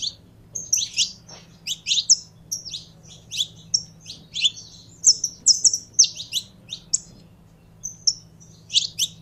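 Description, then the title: Belgian canary singing uneven phrases of high chirps, a few drawn-out whistled notes and brief trills, with pauses between; low background hum. Song of a purebred Belgian canary. "Canto Do Canário Belga Puro"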